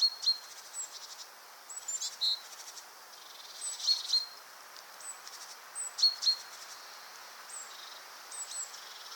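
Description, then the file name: Great tit calling with brief clear notes, high thin whistles and short rasping buzzes in loose clusters about every two seconds, against faint background hiss. "Parus major"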